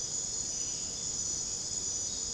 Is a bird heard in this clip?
no